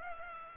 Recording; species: mosquito wingbeat signal from an infrared sensor; Culex pipiens